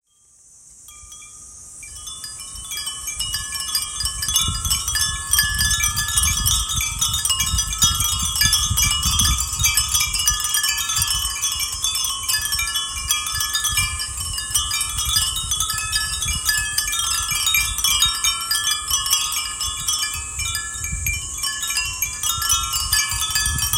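Wind chimes ring continuously at a shrine, a dense shimmer of bright, overlapping metallic tones that builds up from silence over the first few seconds and then holds steady. Soft gusts of wind rumble low underneath, swelling and fading throughout.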